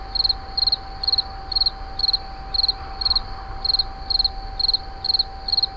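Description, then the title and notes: Insect calling in short pulsed chirps, evenly spaced, over a steady hum and low rumble. Recorded in 2011 at Moulins-sur-Allier, near a wastewater treatment plant. "Insect near WWTP. 2011, Moulins sur allier"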